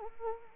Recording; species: mosquito wingbeat signal from an infrared sensor; Anopheles arabiensis